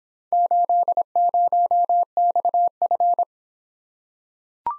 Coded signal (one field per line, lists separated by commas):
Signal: Morse code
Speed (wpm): 25 wpm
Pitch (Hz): 700 Hz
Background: none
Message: 80XF